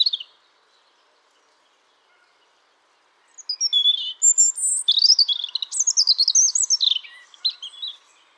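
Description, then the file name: European robin singing: one brief high note, silence, then a long tumbling phrase of sweet, high, varied warbles and trills lasting about five seconds. "Erithacus rubecula"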